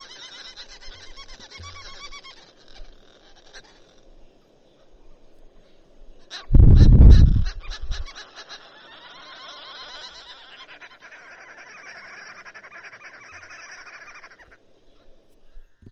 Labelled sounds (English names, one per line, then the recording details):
Green Woodhoopoe
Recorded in northern Uganda